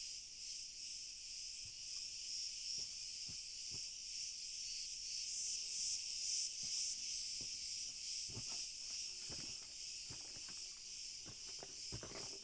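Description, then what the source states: Cricket chorus, continuous high-pitched trilling, with scattered soft clicks and knocks throughout. A chorus of crickets heard very far off.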